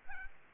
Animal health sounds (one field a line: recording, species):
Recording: mosquito wingbeat signal from an infrared sensor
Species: Aedes albopictus